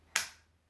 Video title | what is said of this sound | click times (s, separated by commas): How to put tripod mount to camera | we're gonna insert the tripod head into the tray public so you should hear a click that means that the tripod is secure the tripod head is secure like | 0.2 s